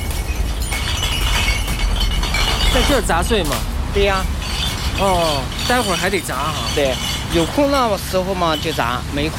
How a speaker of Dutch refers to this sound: Hij moet de flessen sorteert hij op wit en gekleurd. En hij moet ze kapot maken, want dan passen er meer in de vrachtwagen die het gas komt ophalen.